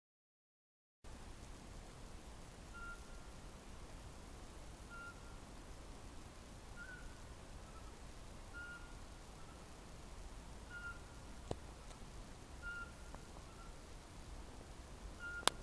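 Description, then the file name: Eurasian pygmy owl calling: soft, pure whistled notes repeated roughly every two seconds, faint against a steady rushing background noise, with a click near the end. "sperlingskauz"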